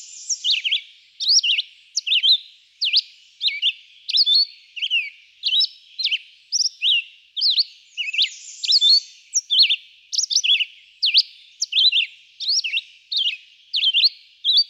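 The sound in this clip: Red-eyed vireo giving a long steady run of short whistled up-and-down phrases, roughly one to two each second.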